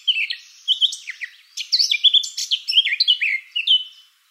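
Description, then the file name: Eurasian blackcap song: a steady stream of jumbled warbling notes mixed with clear whistled phrases, several sliding down in pitch, then it stops. "Sylvia atricapilla"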